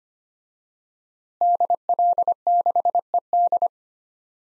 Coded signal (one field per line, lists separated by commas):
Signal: Morse code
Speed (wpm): 25 wpm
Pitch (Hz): 700 Hz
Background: none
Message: DL6ED